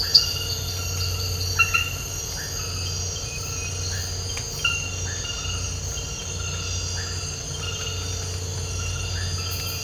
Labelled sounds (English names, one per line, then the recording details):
none
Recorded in dense forest near Puerto Asís, Putumayo, Colombia, on 19 March 2025 at 01:30
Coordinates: 0.468, -76.322
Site GP01